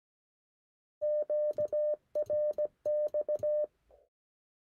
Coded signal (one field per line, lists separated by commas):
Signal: Morse code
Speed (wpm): 17 wpm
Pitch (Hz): 600 Hz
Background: none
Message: QRX